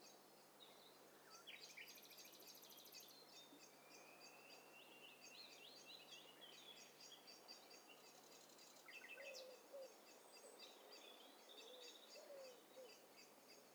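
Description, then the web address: A mixed bird chorus of overlapping high chirps, a rapid trill and short slurred whistles, with lower warbled notes near the end and a steady faint hum. Mixture of several birds, stereo. "STEREO BIRD COCKTAIL PARTY"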